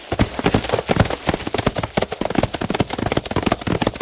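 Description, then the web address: Horse hooves pounding in a fast, heavy rumble of overlapping beats, steady through the whole stretch. A group of horses galloping. "galop dun groupe de chevaux"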